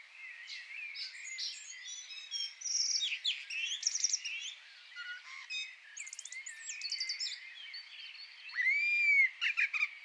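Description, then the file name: Eurasian blackbird in a soft, busy stream of high twittering and squeaky notes, ending with a clearer fluty slur and a few sharp chips. "Turdus merula"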